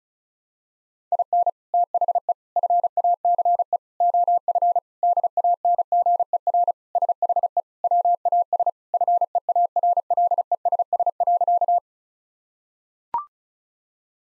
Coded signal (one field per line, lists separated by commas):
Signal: Morse code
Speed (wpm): 36 wpm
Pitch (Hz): 700 Hz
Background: none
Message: IN THE FACE OF DANGER SHE WAS FEARLESS.